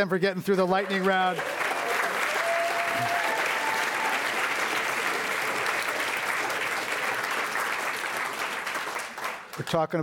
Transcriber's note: applause